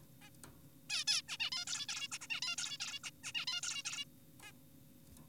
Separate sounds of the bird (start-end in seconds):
0.22-0.30, 0.90-1.04, 1.08-1.22, 1.28-1.37, 1.40-1.50, 1.52-1.65, 1.67-1.86, 1.89-2.08, 2.12-2.18, 2.21-2.27, 2.30-2.41, 2.42-2.56, 2.58-2.78, 2.80-3.00, 3.04-3.10, 3.24-3.32, 3.35-3.46, 3.48-3.61, 3.63-3.83, 3.85-4.05, 4.43-4.52